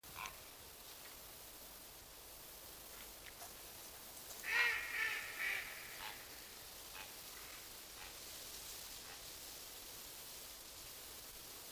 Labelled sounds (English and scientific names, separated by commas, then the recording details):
Grey Heron (Ardea cinerea)
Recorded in the wild
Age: adult
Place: Mühlenbecker Wald, Brandenburg, DE
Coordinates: 52.695, 13.3897
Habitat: pond
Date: 1983-08-20 18:52
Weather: ca. 27°C
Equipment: Nagra SN, Sennheiser MKH 416T (Automatik), Kopie Uher 4000 Report Monitor
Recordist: Tembrock, Günter